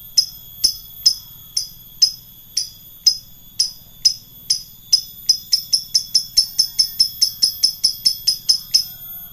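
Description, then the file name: Lovebird chatter: sharp, high, chirping notes repeated in a steady series that speeds up into a rapid run in the second half. Lovebird singing in the ngekek style. "suara lovebird ngekek"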